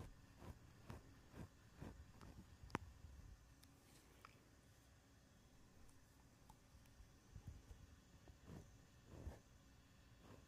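Soft handling noises from a microphone being touched, with low thumps and brushing sounds arriving irregularly, busiest in the first three seconds and again near nine seconds. A sharp click lands just before the three-second mark, and a faint hiss runs underneath throughout.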